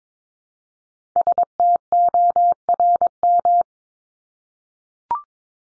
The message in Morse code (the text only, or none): STORM